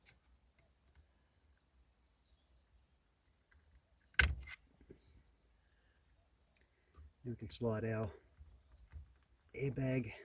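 On a 2008 Mitsubishi Outlander, the green plastic locking clip on a steering column connector of the clockspring wiring is undone so the plug can be released. One sharp click is heard at 4.2 s, and someone talks afterward. The connector locking clip comes unclipped.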